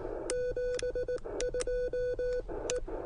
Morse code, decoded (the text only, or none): 72 E